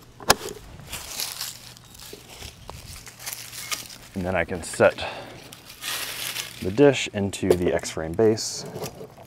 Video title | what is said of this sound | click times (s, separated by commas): My Starlink Camping Setup | then this snaps into place | 0.3 s